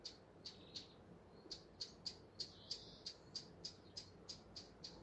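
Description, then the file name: Eurasian blackcap: hard tak calls repeating in a quick, slightly uneven series. "Sylvia atricapilla"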